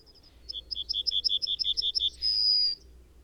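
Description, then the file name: Yellowhammer song: a quick series of evenly repeated high notes, then one long, sustained whistle, over a quiet low hum. "trznadel david m"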